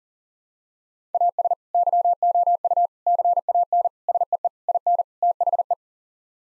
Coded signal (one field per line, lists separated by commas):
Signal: Morse code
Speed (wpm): 40 wpm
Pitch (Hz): 700 Hz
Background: none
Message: AS YOU CAN SEE IN THE